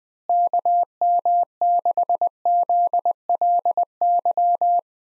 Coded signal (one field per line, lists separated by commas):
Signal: Morse code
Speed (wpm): 20 wpm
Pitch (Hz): 700 Hz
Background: none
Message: KM6ZLY